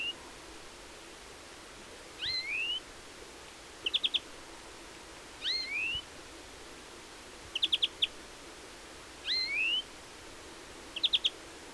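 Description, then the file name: European greenfinch calling: upslurred whistled notes alternate with short chattering bursts several times, over steady light background hiss. "Chloris chloris"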